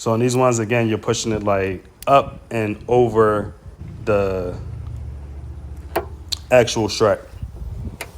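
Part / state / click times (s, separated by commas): hood support strut socket onto ball stud mount / seated / 8.0 s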